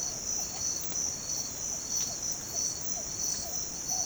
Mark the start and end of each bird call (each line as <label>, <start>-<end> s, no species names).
bird call, 0.00-4.06 s